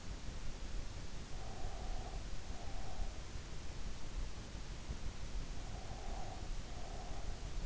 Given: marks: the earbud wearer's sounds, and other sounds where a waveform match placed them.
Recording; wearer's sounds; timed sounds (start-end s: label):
sounds in sleep by an in-ear microphone; breath
1.34-3.29 s: breath
5.56-7.65 s: breath